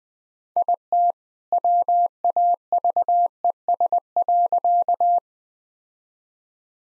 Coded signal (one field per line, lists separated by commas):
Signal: Morse code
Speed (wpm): 21 wpm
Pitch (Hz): 700 Hz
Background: none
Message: IT WAVES.